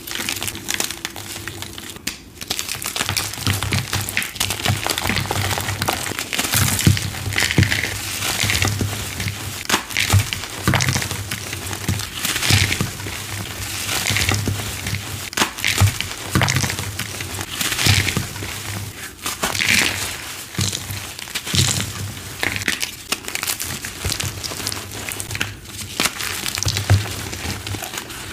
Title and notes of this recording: Colorful Crispy Crushes. Crunchy Gym Chalk Crushes